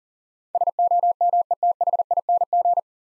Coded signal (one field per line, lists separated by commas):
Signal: Morse code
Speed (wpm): 43 wpm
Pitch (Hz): 700 Hz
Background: none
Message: SOMETHING